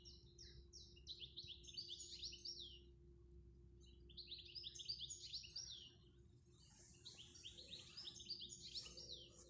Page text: Dadzītis, Carduelis carduelis Novērojuma laiks 08-May-2025 plkst. 11:45 Vecumnieku novads Valles pag Dzied ligzdošanai piemērotā biotopā Dzied piemājas lapu kokos